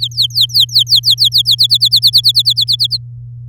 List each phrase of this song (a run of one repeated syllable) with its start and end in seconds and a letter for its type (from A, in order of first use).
0.00-1.67 A, 1.69-2.97 B